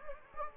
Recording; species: mosquito wingbeat signal from an infrared sensor; Anopheles gambiae